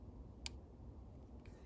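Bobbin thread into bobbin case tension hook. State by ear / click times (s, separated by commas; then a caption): seated / 0.5 s. On an Elna SU sewing machine, the bobbin thread is held down with a finger and pushed down while pulled forward into the bobbin case tension hook. A sharp little click at 0.46 s marks the thread seating into the bobbin case spring, followed by two much fainter ticks near 1.5 s and 1.7 s. The thread is confirmed clicked into place.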